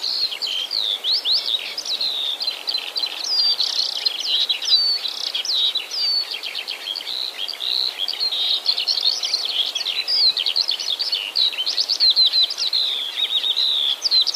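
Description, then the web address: Eurasian skylark song, a continuous rapid stream of high warbled trills, chirps and slurred whistles without pause throughout. "wroblowe kolekcja skowronkipolne"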